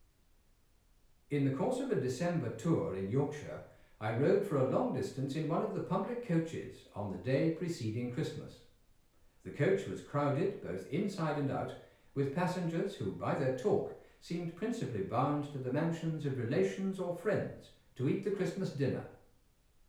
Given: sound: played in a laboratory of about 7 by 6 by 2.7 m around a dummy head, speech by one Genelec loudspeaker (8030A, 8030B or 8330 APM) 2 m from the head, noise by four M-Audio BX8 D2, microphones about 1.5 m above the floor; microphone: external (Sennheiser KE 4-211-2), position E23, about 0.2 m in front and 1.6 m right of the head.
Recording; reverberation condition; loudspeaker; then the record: male speech in English; medium; 120 degrees to the left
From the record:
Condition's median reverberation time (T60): about 510 ms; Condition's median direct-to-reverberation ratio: about -0.5 dB